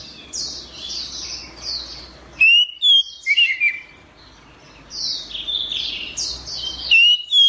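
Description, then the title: Orange-headed thrush gives short, loud phrases of sharp whistled and twittering notes, with quieter, repeated high chirps in the gaps between. "Anis Merah"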